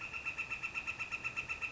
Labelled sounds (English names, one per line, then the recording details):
Northern Flicker
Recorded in Sonoma County, California